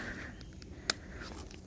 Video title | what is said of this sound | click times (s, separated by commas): 2005 - 2010 GM Front RH Outer Axle Shaft CV Boot Replacement (Chevy Cobalt & Pontiac G5) | But it should just snap right in there. So that's that. | 0.9 s